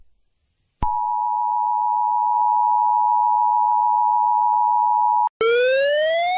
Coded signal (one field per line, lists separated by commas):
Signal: Emergency Alert System (SAME) tones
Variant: 853 and 960 Hz attention tone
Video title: EAS Alarms in different Countries (Part 1 + 2 + 3)